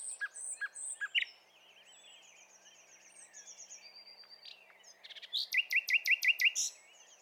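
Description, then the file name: Common nightingale song: clipped loud chirps, a quiet stretch of soft high whistled slurs, then a fast run of rising repeated notes, over low hiss. "Luscinia megarhynchos"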